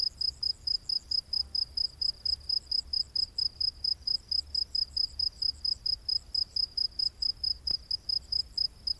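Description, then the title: Cricket chirps in a brisk, even series of high pulses over a quiet low rumble. Rainforest at night. "Crickets of the Rainforest"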